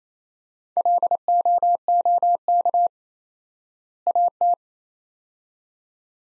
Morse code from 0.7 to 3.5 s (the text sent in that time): LOOK